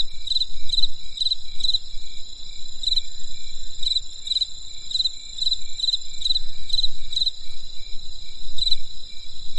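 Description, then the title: Insect calls, pulsed chirps repeated about twice a second with a longer pause near the end, over constant high insect drone and low-frequency noise. Insects calling on a winter night in the countryside. "There was a crisp sound of insects in the winter night."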